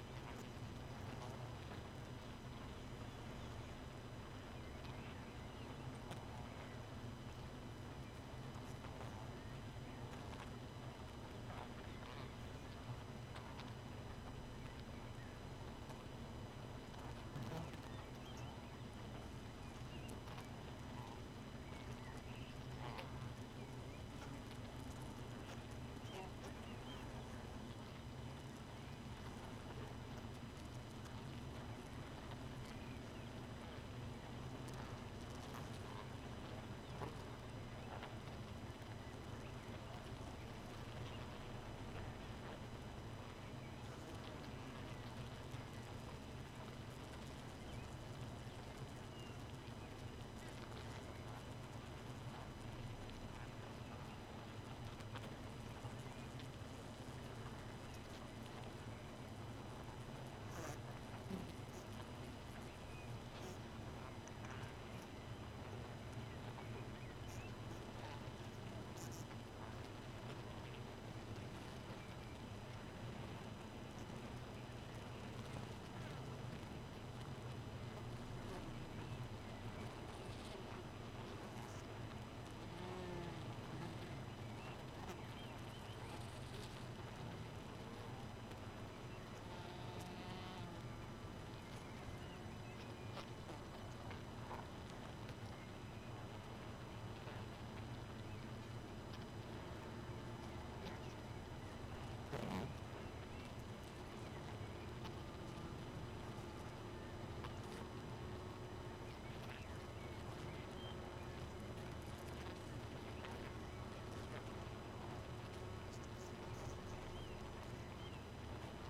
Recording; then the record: honeybee colony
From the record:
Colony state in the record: missing queen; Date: 31 May 2018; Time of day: 2:46